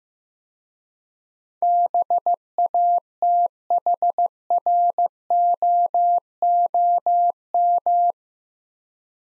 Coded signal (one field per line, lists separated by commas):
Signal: Morse code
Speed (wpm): 15 wpm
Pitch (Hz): 700 Hz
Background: none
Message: BATHROOM